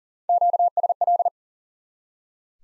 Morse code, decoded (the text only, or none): QSL